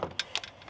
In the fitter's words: clicks into place just like that I got it in and then I'm going to turn it on